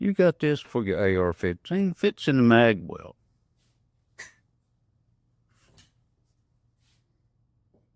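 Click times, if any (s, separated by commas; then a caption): 4.2 s, 5.8 s. A plastic magwell stand from a range cleaning box is pushed into the magazine well of an AR-15 rifle and locks in place. Someone talks for the first three seconds, then sharp clicks at 4.2 s and 5.8 s mark the stand seating in the mag well. Quiet follows.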